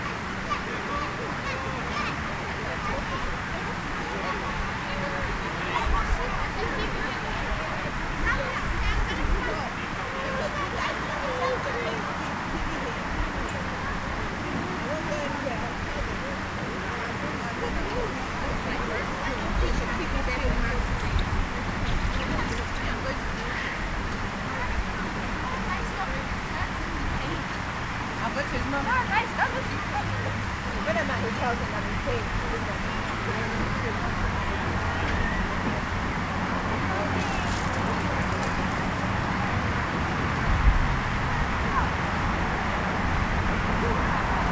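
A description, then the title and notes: Children playing in a city centre park on a damp evening, their voices forming a dense, steady murmur of chatter and calls throughout. A low traffic rumble runs underneath, with a few brief louder shouts around 6 and 41 seconds. Children playing in a city centre park. A children's play area in a city centre park on a damp evening, just before dusk.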